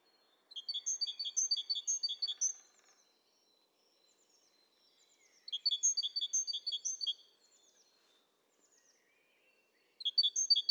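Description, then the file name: Great tit: two bursts of fast, high, alternating chirps, each about two seconds long, with a quiet gap holding faint twitters, then the start of a third burst. "Parus major"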